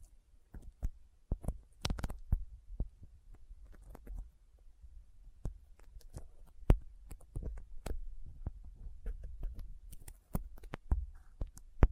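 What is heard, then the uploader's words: Sticky fingers make a rapid, irregular run of short clicking and peeling snaps, some sharp and bright, others soft and dull. The snaps come several per second with no steady rhythm, and a louder crack stands out around the middle, over a low, muffled rumble. ASMR Intense Sticky Finger Sounds (No Talking).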